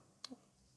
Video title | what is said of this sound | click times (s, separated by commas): Мастер-класс по вязанию игрушки Мишка МК часть 1/Екатерина Клабукова | задача как можно сильнее скрепить вот эту острую часть глазика и пластиковое колечко чтобы в резьбу которая есть на вот этом гвоздики так его назовем лучше зафиксировалась клипса | 0.2 s